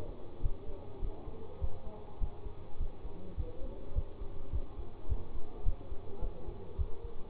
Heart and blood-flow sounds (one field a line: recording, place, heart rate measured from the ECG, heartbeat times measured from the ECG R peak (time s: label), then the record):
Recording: heart sounds by stethoscope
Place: between the tricuspid and mitral areas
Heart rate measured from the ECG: 104 bpm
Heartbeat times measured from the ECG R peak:
0.42 s: heartbeat
1.01 s: heartbeat
1.60 s: heartbeat
2.20 s: heartbeat
2.79 s: heartbeat
3.37 s: heartbeat
3.95 s: heartbeat
4.52 s: heartbeat
5.09 s: heartbeat
5.65 s: heartbeat
6.21 s: heartbeat
6.78 s: heartbeat
From the record:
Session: bicycle stress test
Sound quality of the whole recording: good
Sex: male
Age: 24 years